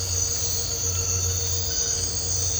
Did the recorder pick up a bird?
no